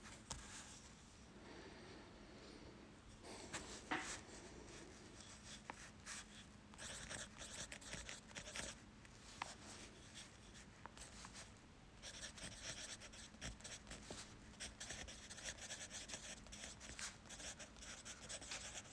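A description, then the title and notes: Quick pen strokes scratch steadily across journal paper, with dense bursts of scribbling and brief pauses throughout. This is how it sounds when writing in a journal rather quickly. Writing in a journal quickly.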